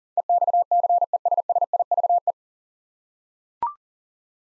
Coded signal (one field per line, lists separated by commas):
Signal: Morse code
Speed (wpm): 40 wpm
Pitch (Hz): 700 Hz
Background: none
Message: EXCESSIVE